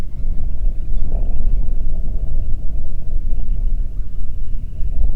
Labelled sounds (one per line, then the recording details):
waterfowl
loon
wind
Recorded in the Prudhoe Bay oil fields, Alaska, on 8 June 2019 at 04:25
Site 30